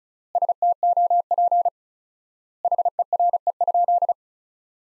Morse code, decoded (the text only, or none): STOP HERE?